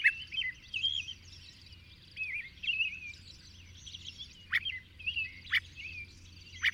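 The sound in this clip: Birdsong of warbled, wavering whistles overlapping continuously, punctuated by three sharp clicks or snaps, over a low background hum.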